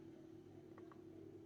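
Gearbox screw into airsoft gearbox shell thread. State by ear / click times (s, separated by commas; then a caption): seated / 0.8 s, 0.9 s. A small Phillips screw is turned backwards in the gearbox shell of an E&C 416A5 Geissele CTR full-metal airsoft rifle so it drops into its existing thread before tightening. Two tiny clicks are heard at 0.8 s and 0.9 s over a steady low hum. The screw has seated in its own thread.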